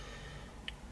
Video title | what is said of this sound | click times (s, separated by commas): How To Build A $1500 Video Editing Computer in 2020! | and everything is locked into place that's our graphics card looks nice | 0.7 s